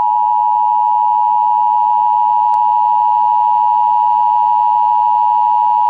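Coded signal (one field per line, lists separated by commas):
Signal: Emergency Alert System (SAME) tones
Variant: 853 and 960 Hz attention tone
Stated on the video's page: EAS alert as depicted in the television series "Jericho", a fictional production.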